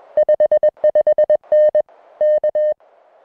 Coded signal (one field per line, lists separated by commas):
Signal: Morse code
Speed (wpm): 20 wpm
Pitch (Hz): 590 Hz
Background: music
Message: 55N K